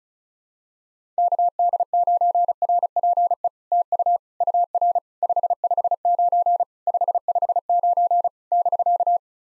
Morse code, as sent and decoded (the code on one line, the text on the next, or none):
-.- -.. ----. .-. .--. . / - ..- / ..- .-. / ..... ..... ----. / ..... ..... ----. / -...-.-
KD9RPE TU UR 559 559 <BK>